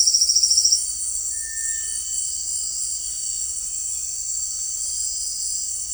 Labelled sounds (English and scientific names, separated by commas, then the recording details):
Cinereous Tinamou (Crypturellus cinereus)
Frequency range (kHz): Cinereous Tinamou (Crypturellus cinereus) 1.2-2.3 kHz
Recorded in secondary vegetation near Puerto Asís, Putumayo, Colombia, on 8 March 2025 at 18:00
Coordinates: 0.499, -76.323
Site G094